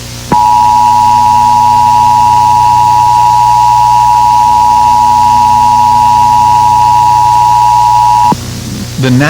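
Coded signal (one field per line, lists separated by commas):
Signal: Emergency Alert System (SAME) tones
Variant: 853 and 960 Hz attention tone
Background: speech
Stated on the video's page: Fictional, made-up EAS scenario, not a real alert.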